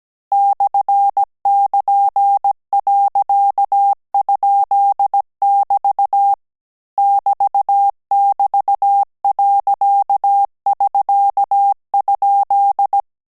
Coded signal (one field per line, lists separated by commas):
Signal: Morse code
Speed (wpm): 17 wpm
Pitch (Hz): 800 Hz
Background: none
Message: /<KN>.?<BT> <BT><BT>.<SK>?